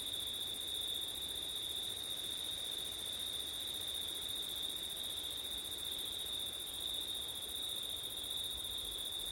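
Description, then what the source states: Crickets trill in a constant high-pitched drone, a steady night-insect chorus. Crickets on a windy September night; ortif recording.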